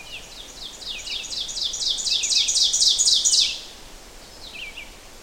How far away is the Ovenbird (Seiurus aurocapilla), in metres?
about 15 m